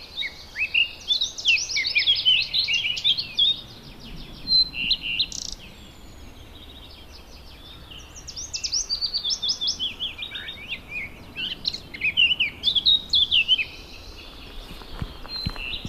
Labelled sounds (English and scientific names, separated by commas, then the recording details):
Common Redstart (Phoenicurus phoenicurus) song
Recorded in the wild
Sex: male
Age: adult
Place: Schönow, Naturpark Barnim, Brandenburg, DE
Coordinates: 52.6954, 13.505
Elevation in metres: 68
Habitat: heath
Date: 2014-04-27
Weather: sunny, 10°C, windless
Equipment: Sound Devices 702, Sennheiser MKH 70, Rycote Windschutz
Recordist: Frommolt, Karl-Heinz